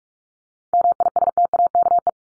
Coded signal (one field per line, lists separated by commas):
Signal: Morse code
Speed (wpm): 44 wpm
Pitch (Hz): 700 Hz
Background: none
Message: MISTAKE